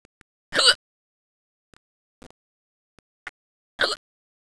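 Hiccups in an adult: two abrupt, hissy bursts about a quarter second long come roughly three seconds apart, with faint clicks and softer catches in between. Each is a sudden diaphragm spasm cut off by a snap closure of the vocal cords.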